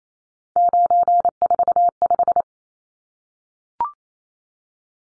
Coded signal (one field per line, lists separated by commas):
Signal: Morse code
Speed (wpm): 28 wpm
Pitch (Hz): 700 Hz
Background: none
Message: 945